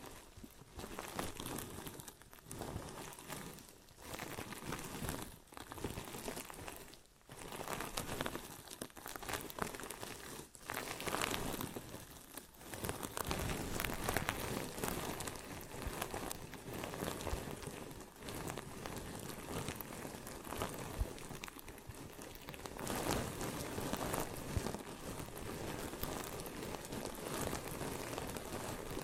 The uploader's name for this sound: Ear & Scalp Massage and Cleaning